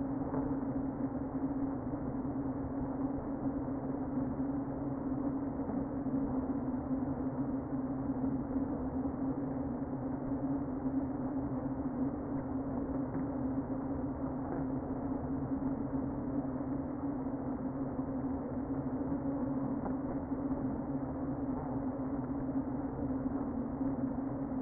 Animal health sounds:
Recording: honeybee colony, microphone inside the hive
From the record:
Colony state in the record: queen present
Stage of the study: before two queens were removed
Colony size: about 60,000 bees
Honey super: yes

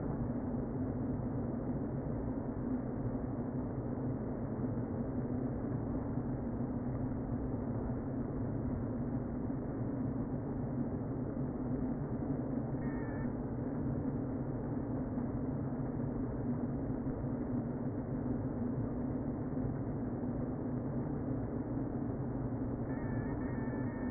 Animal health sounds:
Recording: honeybee colony, microphone inside the hive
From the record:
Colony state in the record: queen present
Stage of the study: before two queens were removed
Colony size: about 60,000 bees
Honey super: yes

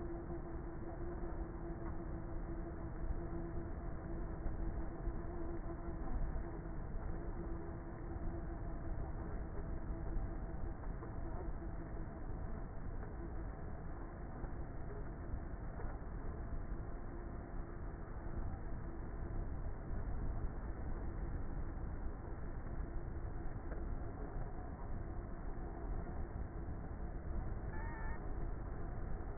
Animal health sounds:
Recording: honeybee colony, microphone inside the hive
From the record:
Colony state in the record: queenless with a low population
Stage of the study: before two queens were removed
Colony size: about 30,000 bees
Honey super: no

